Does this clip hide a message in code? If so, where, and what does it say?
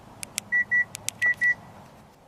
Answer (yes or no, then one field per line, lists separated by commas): no